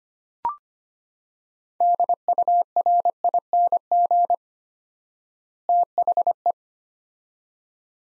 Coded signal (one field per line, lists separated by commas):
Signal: Morse code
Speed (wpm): 25 wpm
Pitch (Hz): 700 Hz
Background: none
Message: DURING THE